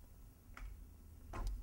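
Orange tabs on both sides of the plastic housing of a Claber Logica hose-tap drip irrigation timer are squeezed and pushed in to release the housing latches. Two faint tick-like clicks are heard at 0.6 s and 1.5 s over a quiet low hum, and the timer housing opens.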